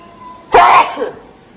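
A single loud, sharp sneeze bursts out abruptly, followed by a brief softer exhale as it trails off into quiet.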